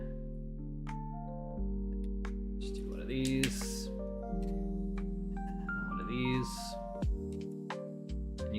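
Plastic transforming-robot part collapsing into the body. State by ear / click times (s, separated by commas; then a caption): seated / 7.7 s. A plastic transforming-robot section is collapsed into its body during assembly, and something inside clicks into place at 7.7 s. Someone talks over steady background music with bright mallet-like tones, and the part ends seated.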